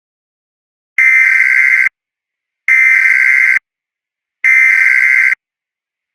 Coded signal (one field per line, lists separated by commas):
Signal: Emergency Alert System (SAME) tones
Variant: header bursts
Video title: EAS Scenario 9 - Alien Invasion!